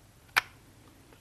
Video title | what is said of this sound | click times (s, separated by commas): 🦍 Holtzman's gorilla Survival "The Hornet" Bushcraft Knife 🔪 #fixedblade #knife #thehornet | nice positive click | 0.4 s